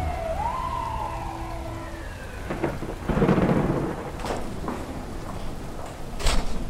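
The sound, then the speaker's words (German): Steady rain hisses throughout as a storm front from the North Atlantic moves over a city, while a deep roll of thunder swells in the middle and fades. A wailing siren-like tone glides through the first couple of seconds. No voices. “Vom Nordatlantik zieht eine Sturmfront über die Stadt.”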